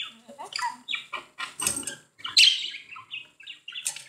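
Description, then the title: Budgerigar chattering, a quick run of squeaky chirps and scratchy notes lasting about four seconds. "Budgie Sounds"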